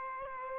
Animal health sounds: mosquito wingbeat signal from an infrared sensor; Aedes aegypti

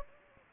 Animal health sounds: mosquito wingbeat signal from an infrared sensor; Anopheles gambiae

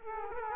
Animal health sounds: mosquito wingbeat signal from an infrared sensor; Culex quinquefasciatus

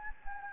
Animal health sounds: mosquito wingbeat signal from an infrared sensor; Anopheles gambiae

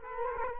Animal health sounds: mosquito wingbeat signal from an infrared sensor; Culex quinquefasciatus

